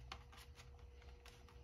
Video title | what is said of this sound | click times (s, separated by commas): LifeBook T730 Laptop Review- The Swiss Army Knife Of Laptops | So you just want to position the cover roughly to where it'll just kind of sit flat, and then just push it back to where it snaps into place. | 0.1 s